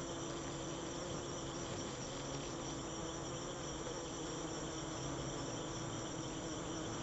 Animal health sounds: honeybee defence experiment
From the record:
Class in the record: alert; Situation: Africanized honeybees facing leafcutter ants (Atta)

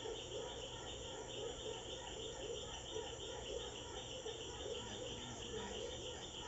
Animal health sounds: honeybee defence experiment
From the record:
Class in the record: control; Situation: empty test tube, no live specimens

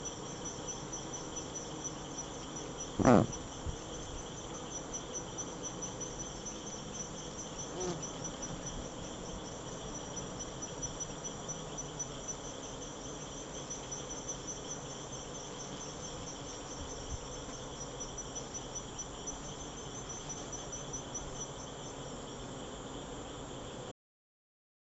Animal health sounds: honeybee defence experiment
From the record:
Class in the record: attack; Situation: Africanized honeybees under attack by Camponotus atriceps ants

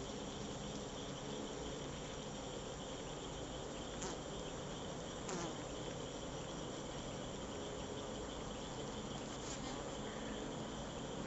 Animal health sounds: honeybee defence experiment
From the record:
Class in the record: control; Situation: empty test tube, no live specimens

